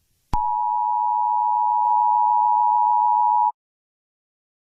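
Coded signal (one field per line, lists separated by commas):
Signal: Emergency Alert System (SAME) tones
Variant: 853 and 960 Hz attention tone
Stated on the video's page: Fictional EAS scenario, not a real alert.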